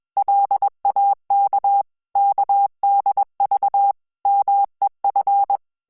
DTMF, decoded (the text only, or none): none